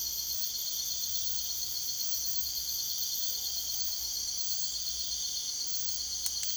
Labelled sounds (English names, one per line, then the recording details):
none
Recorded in secondary vegetation near Puerto Asís, Putumayo, Colombia, on 22 June 2025
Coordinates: 0.488, -76.319
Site G094